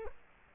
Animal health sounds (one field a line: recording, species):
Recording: mosquito wingbeat signal from an infrared sensor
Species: Culex quinquefasciatus